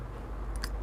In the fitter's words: just turn until we hear the click and that